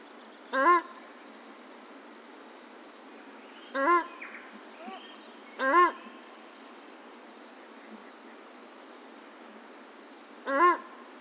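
Paradise shelduck calling with four loud, strongly harmonic honks spaced about two to five seconds apart, plus a few faint shorter notes between them.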